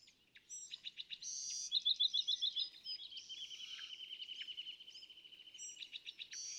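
California thrasher song: a varied run of high chirps and trills, including a long, even rapid trill through the middle, with bursts of sharper notes at the start and end.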